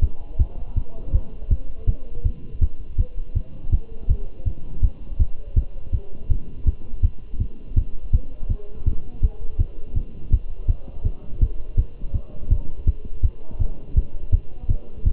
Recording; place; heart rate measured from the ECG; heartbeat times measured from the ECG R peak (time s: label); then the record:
heart sounds by stethoscope; between the tricuspid and mitral areas; 164 bpm
0.03 s: heartbeat
0.40 s: heartbeat
0.77 s: heartbeat
1.14 s: heartbeat
1.51 s: heartbeat
1.89 s: heartbeat
2.26 s: heartbeat
2.62 s: heartbeat
2.99 s: heartbeat
3.37 s: heartbeat
3.73 s: heartbeat
4.10 s: heartbeat
4.47 s: heartbeat
4.83 s: heartbeat
5.21 s: heartbeat
5.57 s: heartbeat
5.94 s: heartbeat
6.31 s: heartbeat
6.67 s: heartbeat
7.04 s: heartbeat
7.41 s: heartbeat
7.77 s: heartbeat
8.14 s: heartbeat
8.51 s: heartbeat
8.87 s: heartbeat
9.23 s: heartbeat
9.60 s: heartbeat
9.97 s: heartbeat
10.33 s: heartbeat
10.69 s: heartbeat
11.06 s: heartbeat
11.42 s: heartbeat
11.79 s: heartbeat
12.15 s: heartbeat
12.51 s: heartbeat
12.88 s: heartbeat
13.24 s: heartbeat
13.61 s: heartbeat
13.97 s: heartbeat
14.34 s: heartbeat
14.70 s: heartbeat
15.07 s: heartbeat
From the record:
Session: Bruce protocol treadmill stress test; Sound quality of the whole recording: good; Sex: male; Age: 27 years